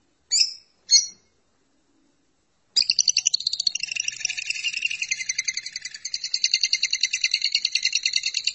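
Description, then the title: Lovebird song: two sharp, short chirps, a brief pause, then a long, fast, high twittering chatter that keeps going to the end. "BM Suara Burung Lovebird"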